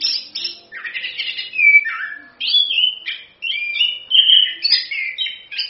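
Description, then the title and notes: Orange-headed thrush singing a continuous string of rich, varied whistles and slurred notes, phrases broken by brief pauses. Used as a lure and tutor to prompt thrushes to sing; song described as gacor (vigorous) and ngerol (continuous rolling). "ANIS KEMBANG GACOR, ANIS KEMBANG NGEROL, PANCINGAN ANIS KEMBANG BIAR BUNYI. Masteran Anis Kembang"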